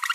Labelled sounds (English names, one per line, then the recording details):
Green-rumped Parrotlet babbling
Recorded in a nest box in Venezuela
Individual 18B25A4